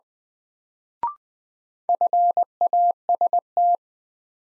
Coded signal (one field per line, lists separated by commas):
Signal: Morse code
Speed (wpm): 20 wpm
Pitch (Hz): 700 Hz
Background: none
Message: FAST